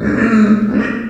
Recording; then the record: squeal of a Yucatan mini pig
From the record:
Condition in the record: after surgery on the right vocal fold (resection and tissue-engineered implant); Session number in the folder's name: 7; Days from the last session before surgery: 47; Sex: female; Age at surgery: 19 weeks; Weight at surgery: 25 kg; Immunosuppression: prednisolone